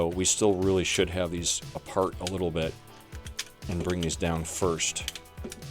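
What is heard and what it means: Someone talks while handling the plastic parts of a transforming robot figure during its robot-to-vehicle-mode transformation, bringing them down so they will tab into the figure's body. A couple of brief handling sounds are heard near 5.5 s and 5.6 s, but nothing has seated or clicked yet.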